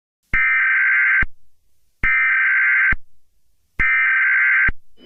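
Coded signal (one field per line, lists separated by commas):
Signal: Emergency Alert System (SAME) tones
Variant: header bursts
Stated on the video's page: Fictional EAS scenario.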